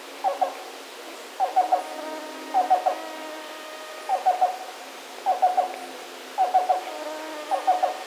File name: Black-billed Cuckoo - Coccyzus erythropthalmus